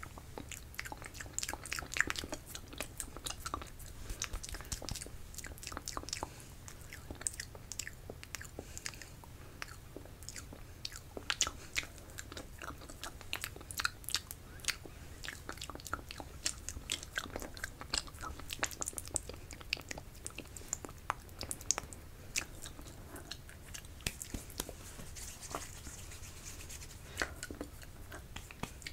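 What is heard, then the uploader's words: Wet mouth sounds fill the recording: dense, irregular clicks, smacks and crunchy snaps that come several times a second for the full half minute. The sounds are crisp. A soft low hum sits underneath. ASMR Spit Painting You (Mouth Sounds, Personal Attention).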